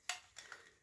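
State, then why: Seated. The integral suppressor of an AS-Val rifle is rotated onto the receiver against spring tension until its steel locking button clicks into place at 0.1 s, seating it so that it cannot be over-torqued. The sharp, bright click is followed by two fainter ticks at about 0.4 s and 0.5 s.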